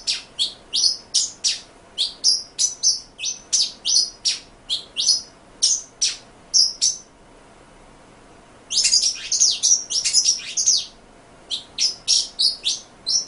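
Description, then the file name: Pin-tailed whydah song: rapid series of sharp, high chirps and squeaky notes repeated in bursts, with a short pause near the middle before a dense, excited run. "suara pintailwydah omkicau"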